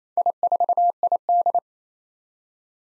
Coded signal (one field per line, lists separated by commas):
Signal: Morse code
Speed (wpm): 28 wpm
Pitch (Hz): 700 Hz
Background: none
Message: I4ID